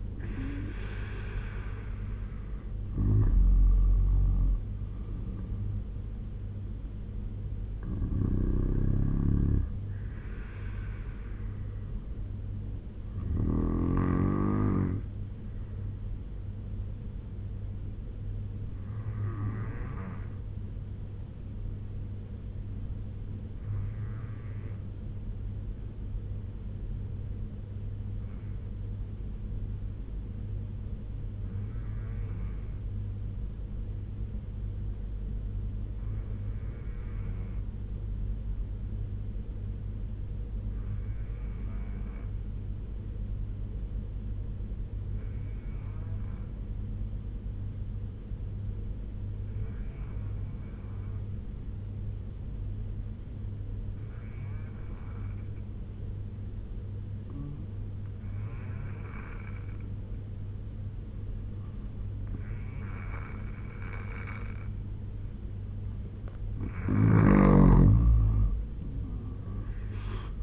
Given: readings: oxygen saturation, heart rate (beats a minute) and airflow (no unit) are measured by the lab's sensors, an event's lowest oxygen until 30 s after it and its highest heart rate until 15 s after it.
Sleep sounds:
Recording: breathing in sleep by a smartphone at the bedside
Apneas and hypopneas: 1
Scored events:
25.00-62.10 s: obstructive apnea (N2, oxygen 96% highest, then 84% lowest, heart rate 72 at the start, 86 highest)
From the record:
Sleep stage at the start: N2 (light sleep)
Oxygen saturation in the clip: 83 to 96%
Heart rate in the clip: 68 to 78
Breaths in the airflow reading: 5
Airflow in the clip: -7.9 to 8.5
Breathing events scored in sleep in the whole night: 201 in 6.5 hours asleep

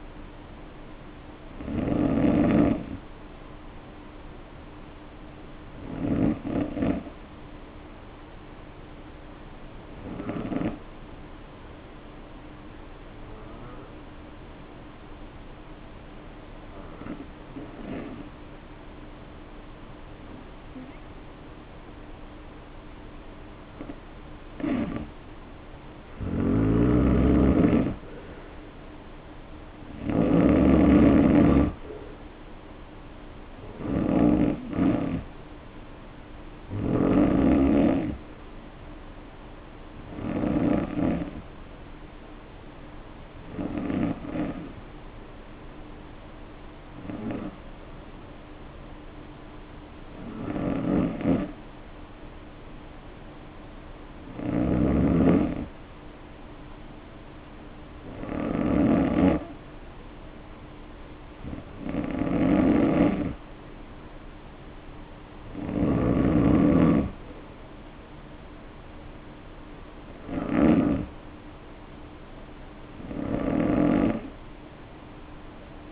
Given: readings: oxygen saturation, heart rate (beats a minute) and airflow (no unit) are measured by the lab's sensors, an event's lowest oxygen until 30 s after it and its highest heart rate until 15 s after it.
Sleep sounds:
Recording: breathing in sleep by a voice recorder at the bedside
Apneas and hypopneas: 1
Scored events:
11.00-29.20 s: hypopnea (N2, oxygen 94% highest, then 87% lowest, heart rate 55 at the start, 63 highest)
68.00-75.92 s: new sleep stage, N1 (lightest sleep)
From the record:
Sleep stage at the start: N2 (light sleep)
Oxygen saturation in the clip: 87 to 95%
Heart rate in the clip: 51 to 63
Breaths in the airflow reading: 22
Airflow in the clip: -2.6 to 2.5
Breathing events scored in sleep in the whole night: 520 in 7.2 hours asleep

